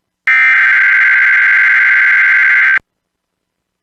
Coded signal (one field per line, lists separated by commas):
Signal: Emergency Alert System (SAME) tones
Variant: header bursts